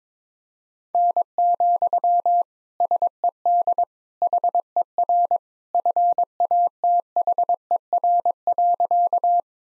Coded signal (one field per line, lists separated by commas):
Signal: Morse code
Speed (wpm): 22 wpm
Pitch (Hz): 700 Hz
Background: none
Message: N, SED HER FATHER.